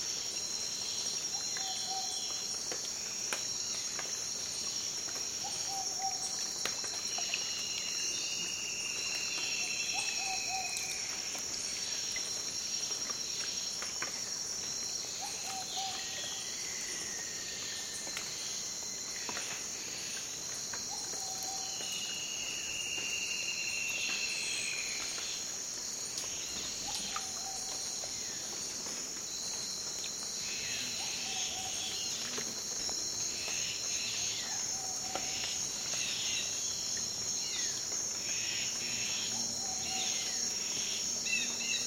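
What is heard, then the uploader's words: Dawn rainforest along a calm tributary, filled with a steady, bright insect drone that never lets up. A soft low call repeats every two to three seconds throughout, while a few falling whistled bird calls drift in now and then. Canoeing at dawn on a calm tributary in the Amazon rainforest. Amazon Rainforest - Dawn Canoe Ride.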